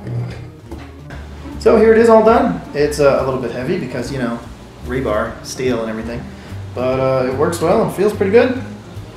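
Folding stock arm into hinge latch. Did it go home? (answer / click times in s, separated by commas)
no / none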